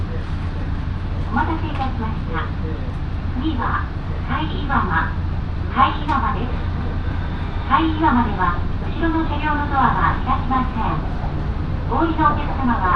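A local train ride on the Minobu Line, from Minobu toward Ichikawadaimon. A steady low rumble and hum run unbroken under the whole clip, while a woman's voice talks almost continuously over it in short phrases, with a few faint clicks between.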